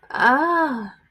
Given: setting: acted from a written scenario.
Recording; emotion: vocal sound without words; realization